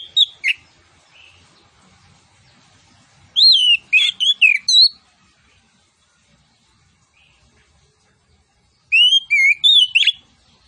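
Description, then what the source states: Orange-headed thrush song in short bursts of rich slurred whistles, a brief phrase at the start, then two dense bursts separated by several seconds of quiet. Master recording of vigorous full song with fill-in phrases including cililin bursts.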